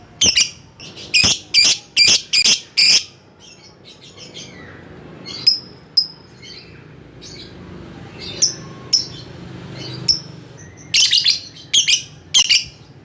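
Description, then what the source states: Lovebird calls: a rapid run of harsh, high screechy chirps, then scattered thin ticks and short notes, ending in another burst of loud shrill screeches. Lovebird calling a rival.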